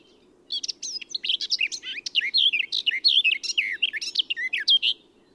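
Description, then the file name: Eurasian blackcap song, a single lively phrase of varied rising and falling whistles and twitters, roughly five seconds long, over a soft low hum. "Sylvia atricapilla"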